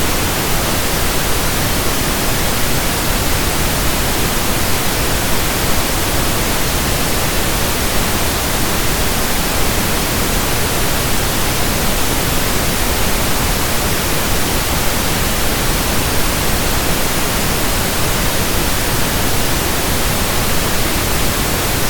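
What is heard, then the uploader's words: Pink noise runs unbroken for the whole clip, a dense, even hiss with a fuller, softer low end than plain static. The level holds perfectly steady from start to finish, with no events, pauses or other sounds behind it. 12 Hour Pink Noise.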